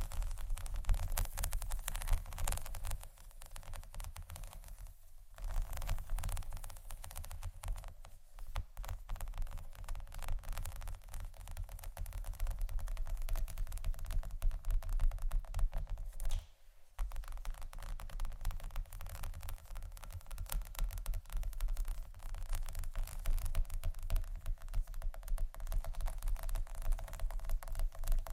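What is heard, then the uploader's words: Dense, continuous scratching and tapping fills the whole stretch, made of rapid crackly clicks over a steady low hum and throb. The level stays fairly even, with brief near-silent dips around 5 seconds and again near 17 seconds. ASMR Scratching & Tapping For Sleep（No Talking）.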